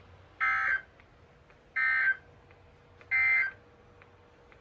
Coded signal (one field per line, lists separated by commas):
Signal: Emergency Alert System (SAME) tones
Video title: Tests (EAS 290-292)